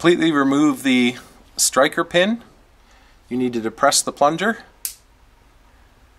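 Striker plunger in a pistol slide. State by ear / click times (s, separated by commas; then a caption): released / 4.9 s. On a Smith & Wesson M&P 9mm polymer pistol slide, someone talks while the striker plunger is pressed in. A sharp click at 4.8 s marks the plunger releasing the striker.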